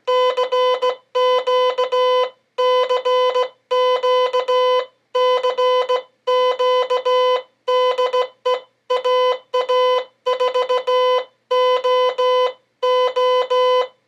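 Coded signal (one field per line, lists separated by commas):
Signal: Morse code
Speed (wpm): 17 wpm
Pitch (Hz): 500 Hz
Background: none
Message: CQ CQ CQ DE AA4OO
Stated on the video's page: CW sending practice by a learner nine months into learning Morse, using a phone app.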